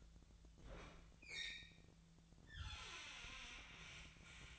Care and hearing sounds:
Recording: daily activity, microphone in the room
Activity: open fridge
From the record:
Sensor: 3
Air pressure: 1009.6 hPa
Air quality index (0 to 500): 195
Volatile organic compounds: 16 ppm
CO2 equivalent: 2534 ppm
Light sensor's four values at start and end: 34/85/36/39 and 35/86/37/39

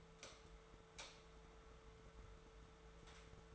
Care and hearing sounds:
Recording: daily activity, microphone in the room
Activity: light off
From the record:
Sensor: 3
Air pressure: 1014.5 hPa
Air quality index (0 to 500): 180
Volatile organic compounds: 18 ppm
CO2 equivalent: 2629 ppm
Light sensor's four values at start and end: 18/46/19/19 and 15/38/15/16

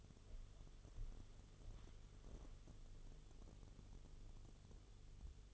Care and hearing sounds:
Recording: daily activity, microphone in the room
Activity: walk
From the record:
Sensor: 4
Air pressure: 1016.2 hPa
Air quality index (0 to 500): 165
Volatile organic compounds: 6 ppm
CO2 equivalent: 1880 ppm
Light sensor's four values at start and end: 9/20/8/7 and 9/20/8/7

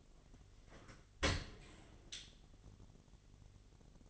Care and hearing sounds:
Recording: daily activity, microphone in the room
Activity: open dishwasher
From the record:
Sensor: 4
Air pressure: 1007.4 hPa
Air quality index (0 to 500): 200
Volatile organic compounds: 7 ppm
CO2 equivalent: 1998 ppm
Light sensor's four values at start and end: 22/71/27/26 and 22/71/27/26

